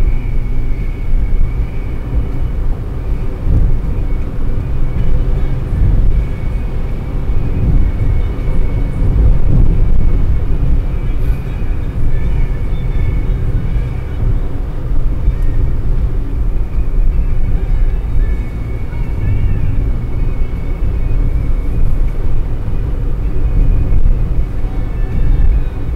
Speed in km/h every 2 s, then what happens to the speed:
120, 126, 130, 134, 134, 132, 129, 125, 117, 115, 121, 121, 120.
0-6 speeds up to 134. 6-17 slows to 115. 17-26 steady at about 120.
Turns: none.